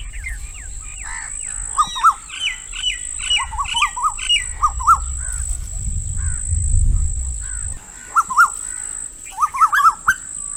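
Birds calling, bursts of quick chirps and squawks in short runs, broken by a stretch of low rumbling noise in the middle.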